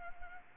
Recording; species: mosquito wingbeat signal from an infrared sensor; Anopheles arabiensis